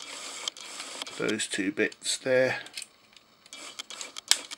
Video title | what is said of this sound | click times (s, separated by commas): Warbotron WB01D Whirlwind Review | lock into place that comes down and hey Presto we got the back sorted | 4.3 s